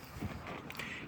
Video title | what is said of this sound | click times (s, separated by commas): A-Pillar and Upper Interior Trim of Ford EXP/Mercury LN7 - THE HARDEST PART OF THE CAR | do that, you can get some good leverage to pop this in. You hear it go clunk, clunk, and then you're good to go. | 0.7 s, 0.8 s